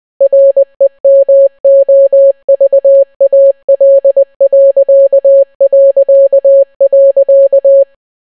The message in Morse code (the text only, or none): REMOVAL...